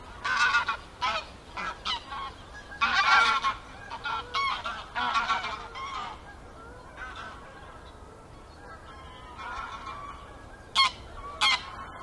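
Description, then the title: Goose: geese honking in bursts, loud clusters of harsh calls separated by short quieter gaps, a few sharp single honks toward the end. Gaggles of geese in fields by the River Thame, England, UK, morning of 23 September 2023, excited by the amount of water across the flooded meadows. "Gaggles of geese, River Thame, England, UK on 23rd September 2023 – by Paul Ridout"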